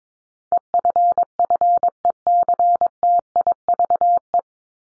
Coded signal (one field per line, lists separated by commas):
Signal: Morse code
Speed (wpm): 22 wpm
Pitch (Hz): 700 Hz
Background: none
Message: EFFECTIVE